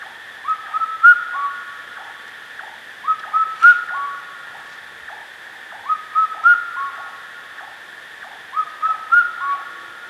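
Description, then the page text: Indian cuckoo whistling its four-note song, the phrase repeating roughly every two and a half seconds, with a constant faint hiss-like hum behind it. "Indian Cuckoo Song. Quick Sounds"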